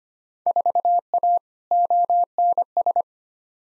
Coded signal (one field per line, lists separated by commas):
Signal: Morse code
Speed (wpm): 25 wpm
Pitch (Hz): 700 Hz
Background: none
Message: 4A ONS